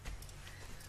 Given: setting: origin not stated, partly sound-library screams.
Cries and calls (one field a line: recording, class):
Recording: one-second piece from a danger detection set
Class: normal situation